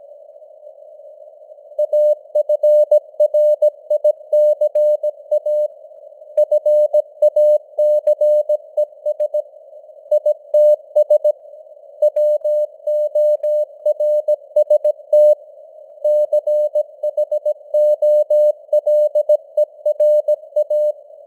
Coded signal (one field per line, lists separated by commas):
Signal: Morse code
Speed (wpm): 17 wpm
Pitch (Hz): 600 Hz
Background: none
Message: AFRICA FACES ITS WORST CHOLERA